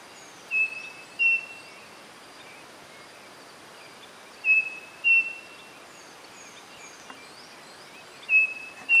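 Bird calls: short thin whistled notes near a steady pitch, given in pairs about every four seconds, over a constant background hiss.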